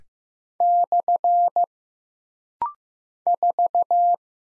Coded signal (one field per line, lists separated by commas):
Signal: Morse code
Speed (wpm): 15 wpm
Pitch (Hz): 700 Hz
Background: none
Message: / 4